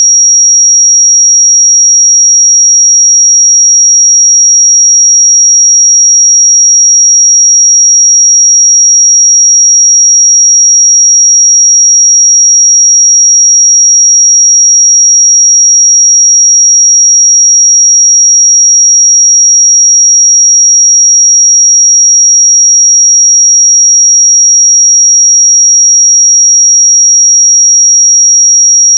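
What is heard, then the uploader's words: A pure sine tone at 5665 Hz holds perfectly steady for the whole half minute, a single thin, piercing high whistle. Its loudness never changes, and nothing else can be heard behind it, with no background noise at all. 5665 Hz 1 Hz Interval Sine Pure Tone Frequency 441000 Sample Mono.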